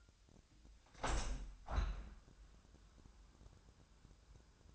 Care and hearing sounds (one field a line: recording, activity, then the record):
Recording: daily activity, microphone in the room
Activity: open window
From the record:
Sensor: 2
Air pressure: 1006.2 hPa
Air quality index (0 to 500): 183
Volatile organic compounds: 10 ppm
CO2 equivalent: 2231 ppm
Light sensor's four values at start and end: 8/20/8/8 and 9/21/9/9